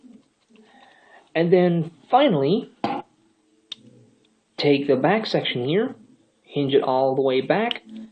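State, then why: Not seated. Someone talks while handling a plastic Transformers Animated Deluxe Class Ratchet transforming robot figure, hinging its back section all the way back. A few faint, brief handling sounds fall between the words. The back section has not clicked into place yet.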